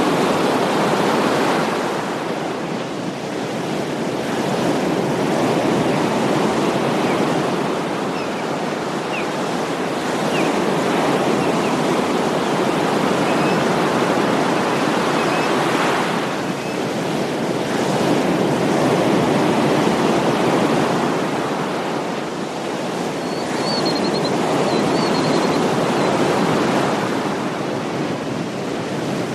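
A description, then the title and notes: Small ocean waves wash in a steady, dense rush, swelling and easing gently every few seconds. The sound sits mostly in the low and middle range with a soft hiss above. Faint bird chirps surface briefly around the twenty-three second mark. Small Ocean Waves.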